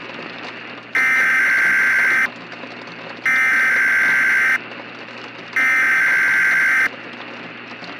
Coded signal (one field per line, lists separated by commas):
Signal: Emergency Alert System (SAME) tones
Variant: header bursts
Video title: “Big Southwest Hailstorm” - EAS Scenario